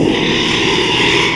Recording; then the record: squeal of a Yucatan mini pig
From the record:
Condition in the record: after surgery on the right vocal fold (resection and tissue-engineered implant); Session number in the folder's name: 1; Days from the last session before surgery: 6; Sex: male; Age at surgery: 12 weeks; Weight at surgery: 13 kg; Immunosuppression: cyclosporine, prednisolone